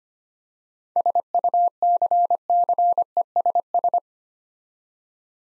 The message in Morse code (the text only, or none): SUCCESS